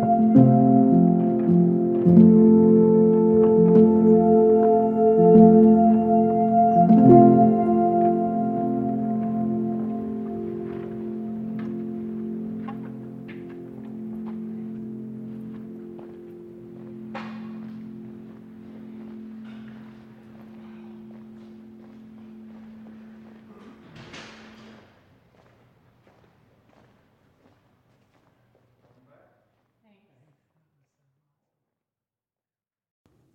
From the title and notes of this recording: Corkscrew Swamp Sanctuary, just outside of Naples Florida. This is the Lettuce Lakes area, the beating heart of the ancient bald cypress grove. The Corkscrew Swamp Sanctuary boardwalk leads visitors through a gentle and pristine wetland wilderness.